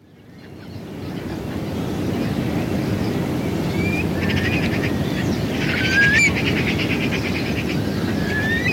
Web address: BBC. winter early morning atmosphere with lapping water and distant curlews some wind